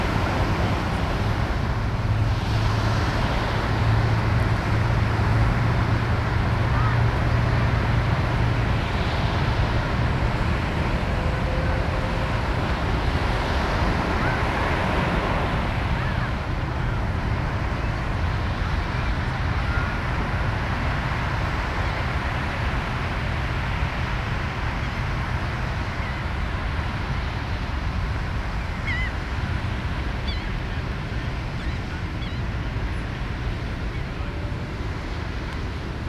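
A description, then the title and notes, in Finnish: Water washing steadily around the city, a dense, unbroken rush with a deep low rumble underneath and a faint engine hum in the first ten seconds. Soft swells rise around two, nine and fifteen seconds, then the wash settles slightly quieter and evens out. Binauraalisessa kollaasissa kuunnellaan Manhattania ympäröivien vesien ja Atlantin aaltoja.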